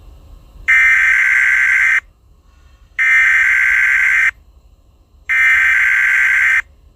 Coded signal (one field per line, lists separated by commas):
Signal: Emergency Alert System (SAME) tones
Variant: header bursts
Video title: EAS SCENARIO 10: Dolly E.X.E Rampage